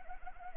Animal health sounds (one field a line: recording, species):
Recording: mosquito wingbeat signal from an infrared sensor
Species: Anopheles arabiensis